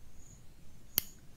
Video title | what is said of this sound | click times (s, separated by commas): Pilot Metropolitan Fountain Pen Review - A Perfect Starter Pen for Any Writing Enthusiast | The cap uses a snap fit mechanism with a satisfying click. | 1.0 s